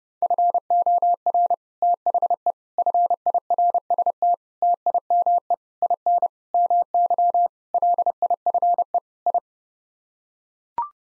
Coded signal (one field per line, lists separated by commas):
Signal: Morse code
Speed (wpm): 30 wpm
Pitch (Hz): 700 Hz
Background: none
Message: FOR THE FIRST TIME IN MY LIFE I